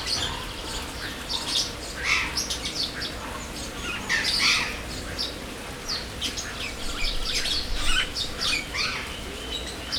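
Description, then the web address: Birds squawking and chirping together, dense bursts of rough calls from several birds, some louder notes around the middle, over a low rumbling background. Birds in an aviary at Jászberény Zoo, recorded in 2016. "allathangok jaszberenyizoo 2016 professzionalis madarak ropde"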